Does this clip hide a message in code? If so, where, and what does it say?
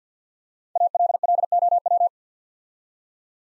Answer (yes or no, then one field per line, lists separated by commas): yes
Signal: Morse code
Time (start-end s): 0.8-2.1 s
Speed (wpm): 51 wpm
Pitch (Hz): 700 Hz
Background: none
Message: ALLOW